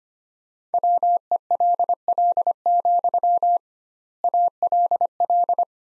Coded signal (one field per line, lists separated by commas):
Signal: Morse code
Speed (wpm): 25 wpm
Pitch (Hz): 700 Hz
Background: none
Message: WELL, ALL